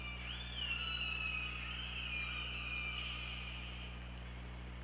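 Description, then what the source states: Killer whale call, a long harmonic tone that rises briefly, then holds and slowly wavers for several seconds, with a constant low hum underneath. OrcaLab hydrophone recording, 24 August 2017, 23:32:49.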